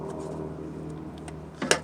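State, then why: Seated. A plastic wiring connector is pushed onto the camshaft position sensor of a 2001–2005 Honda Civic over a steady low hum, with a couple of faint taps before the end. A sharp, loud click at 1.7 s marks the connector clipping into place, fully seated.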